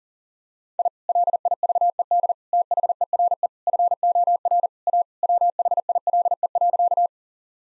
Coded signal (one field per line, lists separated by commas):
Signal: Morse code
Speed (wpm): 40 wpm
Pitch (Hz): 700 Hz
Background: none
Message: I LIVED THERE FOR A WHILE.